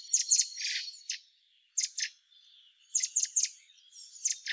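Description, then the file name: Eurasian blackbird giving sharp high chirping notes in short clusters separated by brief pauses. "Turdus merula"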